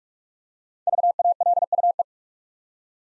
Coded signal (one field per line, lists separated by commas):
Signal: Morse code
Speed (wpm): 44 wpm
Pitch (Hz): 700 Hz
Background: none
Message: VALUE